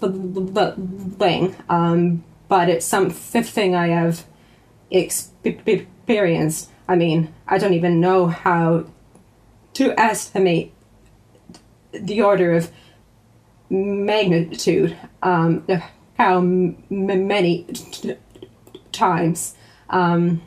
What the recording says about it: That's what speaking is like for me and everyone that stammers in a slightly different way, and it also varies over time. It varies with situations.